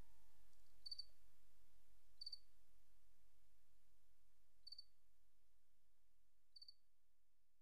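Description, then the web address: Cricket chirps, four high pulsed bursts at irregular intervals of about one and a half to two and a half seconds, over a quiet low hum that slowly fades. "Sabda Alam Crickets"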